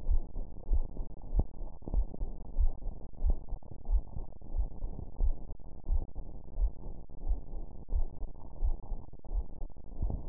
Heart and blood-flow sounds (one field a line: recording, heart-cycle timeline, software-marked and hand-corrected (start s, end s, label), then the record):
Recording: heart sounds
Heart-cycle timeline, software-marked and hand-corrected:
0.00	0.07	diastole
0.07	0.21	S1
0.21	0.37	systole
0.37	0.45	S2
0.45	0.71	diastole
0.71	0.85	S1
0.85	0.99	systole
0.99	1.07	S2
1.07	1.33	diastole
1.33	1.45	S1
1.45	1.59	systole
1.59	1.67	S2
1.67	1.93	diastole
1.93	2.07	S1
2.07	2.21	systole
2.21	2.31	S2
2.31	2.57	diastole
2.57	2.71	S1
2.71	2.85	systole
2.85	2.95	S2
2.95	3.23	diastole
3.23	3.37	S1
3.37	3.51	systole
3.51	3.61	S2
3.61	3.89	diastole
3.89	4.01	S1
4.01	4.17	systole
4.17	4.27	S2
4.27	4.55	diastole
4.55	4.67	S1
4.67	4.83	systole
4.83	4.93	S2
4.93	5.21	diastole
5.21	5.35	S1
5.35	5.51	systole
5.51	5.61	S2
5.61	5.89	diastole
5.89	6.03	S1
6.03	6.19	systole
6.19	6.29	S2
6.29	6.57	diastole
6.57	6.71	S1
6.71	6.87	systole
6.87	6.97	S2
6.97	7.27	diastole
7.27	7.39	S1
7.39	7.55	systole
7.55	7.65	S2
7.65	7.93	diastole
7.93	8.07	S1
8.07	8.23	systole
8.23	8.33	S2
8.33	8.61	diastole
8.61	8.75	S1
8.75	8.91	systole
8.91	9.01	S2
9.01	9.31	diastole
9.31	9.43	S1
9.43	9.61	systole
9.61	9.71	S2
9.71	10.01	diastole
10.01	10.15	S1
10.15	10.29	systole
From the record:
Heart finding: coronary artery disease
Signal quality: good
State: rest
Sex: female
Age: 61 years